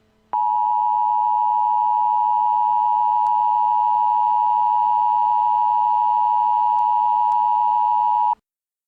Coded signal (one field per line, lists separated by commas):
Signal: Emergency Alert System (SAME) tones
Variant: 853 and 960 Hz attention tone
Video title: EAS Mock: Family Disputes Gone Bad